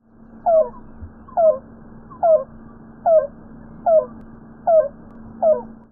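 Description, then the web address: Yellow-billed cuckoo calling: hollow, low, downslurred notes repeated steadily about every 0.8 seconds, seven in all, over a constant low hum. "Thumbs Plus Zoo Field Guide Repository Sounds"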